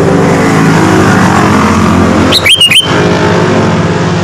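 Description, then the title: Sooty-headed bulbul giving one brief phrase of three bright whistles over a loud, continuous engine drone. "Kutilang"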